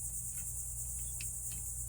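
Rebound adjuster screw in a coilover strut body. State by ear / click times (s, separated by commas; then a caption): not seated / none. A rebound adjuster screw is deliberately threaded back into a Dobinsons MRR front coilover strut body with an Allen key, without its detent ball, so it turns with no clicking while still giving the same range of adjustment. Only faint, brief scraping sounds come through over a steady high-pitched, insect-like hiss and a low hum. No detent click is heard anywhere in the clip.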